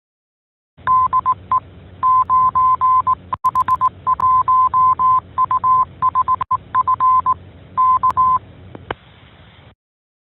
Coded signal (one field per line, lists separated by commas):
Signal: Morse code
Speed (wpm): 18 wpm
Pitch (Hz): 1030 Hz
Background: none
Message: DE 9H1USEF K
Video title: 13. 9H-HAM GlobalNet - Main topic - Open [29 Jul 2021]